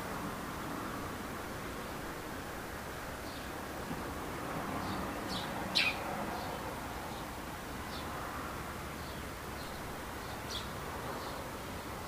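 Birds chirp in short, scattered calls over a steady, dense wash of low rumbling noise. Brief high chirps come every second or two, with a sharper, louder call just before the six-second mark and another near ten and a half seconds.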